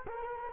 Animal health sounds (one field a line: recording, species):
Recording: mosquito wingbeat signal from an infrared sensor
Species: Culex quinquefasciatus